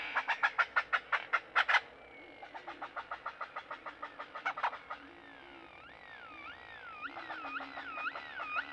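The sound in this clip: Great-tailed grackle with a fast string of loud clacks, a softer run of ticking notes, then wavering siren-like whistles rising and falling.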